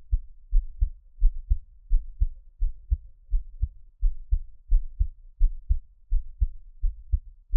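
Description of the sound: Low, soft thumps come in steady lub-dub pairs at about 86 beats a minute, with an even rhythm. A quiet low hum sits underneath, and there is no talking. This is an adult heartbeat heard up close, with both heart sounds clearly heard.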